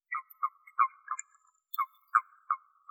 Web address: Common Toad